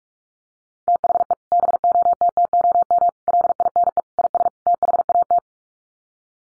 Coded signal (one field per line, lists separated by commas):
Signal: Morse code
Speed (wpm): 44 wpm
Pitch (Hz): 700 Hz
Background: none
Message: THE BOTTOM LINE IS THAT